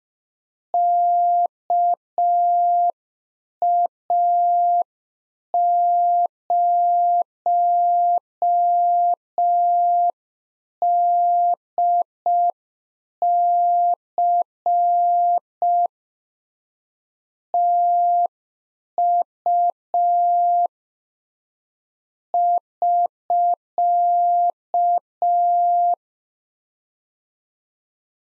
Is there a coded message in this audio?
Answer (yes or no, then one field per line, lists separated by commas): yes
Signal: Morse code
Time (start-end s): 0.7-25.9 s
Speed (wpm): 5 wpm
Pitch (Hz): 700 Hz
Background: none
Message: KA0DC TU <SK>